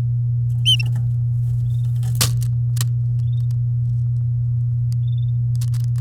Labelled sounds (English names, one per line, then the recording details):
Domestic Canary song
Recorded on 8 May 2018 at 09:26
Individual llb16